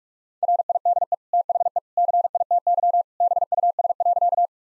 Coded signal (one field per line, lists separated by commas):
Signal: Morse code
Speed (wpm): 46 wpm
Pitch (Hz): 700 Hz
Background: none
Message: RIDE THE CITY BUS.